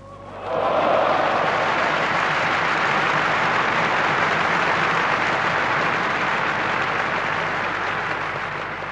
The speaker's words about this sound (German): Applaus.